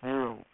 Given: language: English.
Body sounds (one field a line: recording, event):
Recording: throat vibration sensor signal played as sound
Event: speech